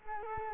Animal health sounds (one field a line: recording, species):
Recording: mosquito wingbeat signal from an infrared sensor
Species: Culex quinquefasciatus